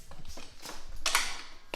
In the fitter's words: and then it locks in place.